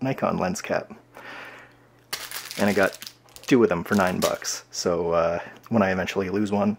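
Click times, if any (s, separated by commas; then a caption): 2.1 s. A cheap 82 mm plastic lens cap is pressed onto the front of a filter-fitted lens, seating more easily and securely than the name-brand Nikon cap. A soft crinkle is followed by a sharp click at 2.1 s as the cap seats in place, while someone talks.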